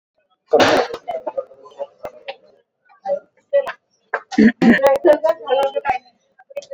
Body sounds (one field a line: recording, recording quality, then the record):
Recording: shallow voluntary cough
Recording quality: moderate, slight background noise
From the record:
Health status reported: exposed to COVID-19, no respiratory illness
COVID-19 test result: negative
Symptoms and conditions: none ticked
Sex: female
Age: 54 years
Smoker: not ticked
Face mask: not worn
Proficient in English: yes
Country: India